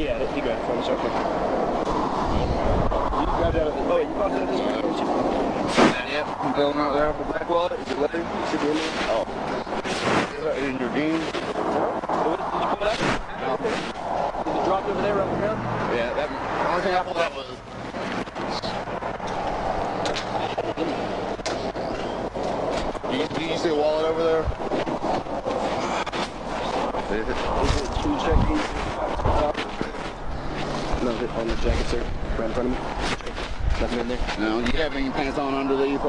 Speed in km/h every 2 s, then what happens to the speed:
0, 0, 0, 0, 0, 0, 0, 0, 0, 0, 0, 0, 0, 0, 0, 0, 0, 0.
0-36 standing.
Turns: none.